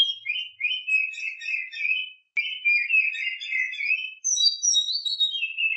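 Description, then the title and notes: Oriental magpie-robin singing varied warbles and trills, with brief breaks between phrases and a higher passage that falls at the end. Champion (juara) bird. "Kicau Burung Kacer Juara. Suara Kicauan Burung Kacer Juara"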